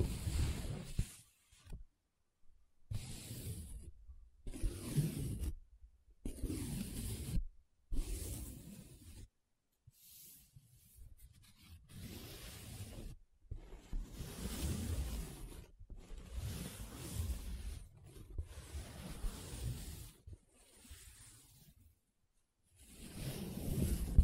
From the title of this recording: Paper Sounds Tracing, Scratching, Rubbing